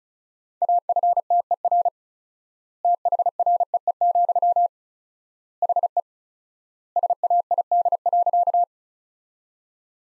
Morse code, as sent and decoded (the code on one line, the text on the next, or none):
.- ..-. - . .-. / - .... .-. . . --..-- / .... . / ... .- .. -.. .-.-.-
AFTER THREE, HE SAID.